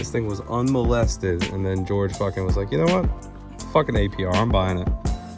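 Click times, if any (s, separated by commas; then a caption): none. Someone talks over background music while a wiring harness connector is handled near a new LED taillight during a taillight install on a 2014 Subaru WRX. The connector has not yet seated or clicked into the taillight.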